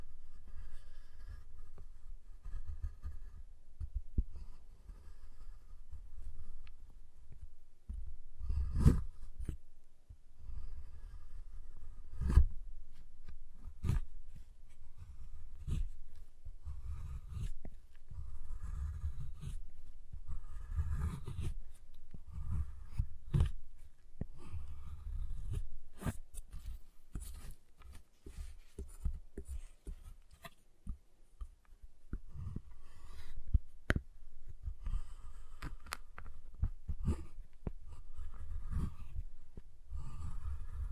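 Tapping, cutting and snapping on a giant chocolate bar: sharp irregular clicks and cracks over a low steady rumble, with occasional louder snaps.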